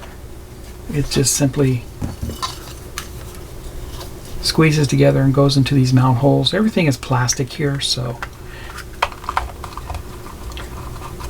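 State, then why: Not seated. A plastic part of a 1:8 scale Volkswagen T1 Samba Camper Van model is squeezed together and pushed toward its mount holes on the plastic van body while someone talks. Light plastic handling noises include sharp taps around 3.0 s and 9.0 to 9.4 s. Nothing has seated or clicked into place yet.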